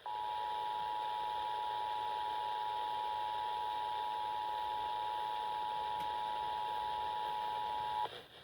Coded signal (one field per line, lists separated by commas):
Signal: Emergency Alert System (SAME) tones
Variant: 853 and 960 Hz attention tone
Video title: Radio EAS: Required Monthly Test 9/17/20 (EAS #108)